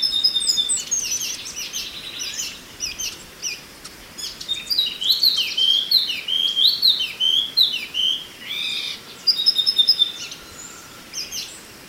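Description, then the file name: Chinese hwamei song: loud, varied whistled phrases, with clear notes rising and falling and runs of repeated slurred notes in the middle, over a faint steady hiss. "suara alam hwamei mini"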